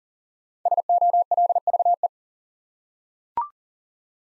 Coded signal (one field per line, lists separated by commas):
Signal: Morse code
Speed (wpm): 42 wpm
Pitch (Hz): 700 Hz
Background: none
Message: SOLVE